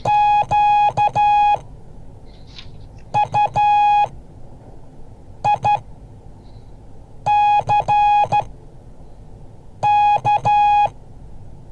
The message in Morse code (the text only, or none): QUICK